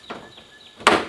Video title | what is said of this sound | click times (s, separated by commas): Install & Review of Audexen Hood Latches | bring it till it snaps, | 0.9 s